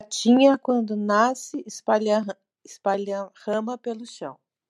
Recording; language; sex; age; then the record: short text; Brazilian Portuguese; male; 60 to 69 years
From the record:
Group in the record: control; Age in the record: 63 years